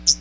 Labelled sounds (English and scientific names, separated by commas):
Hooded Warbler (Setophaga citrina) flight call